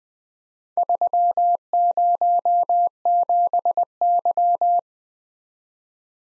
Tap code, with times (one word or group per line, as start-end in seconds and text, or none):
none